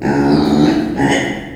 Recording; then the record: squeal of a Yucatan mini pig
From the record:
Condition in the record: before surgery on the right vocal fold (resection and tissue-engineered implant); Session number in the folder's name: 2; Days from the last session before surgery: -15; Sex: female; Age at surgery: 19 weeks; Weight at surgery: 25 kg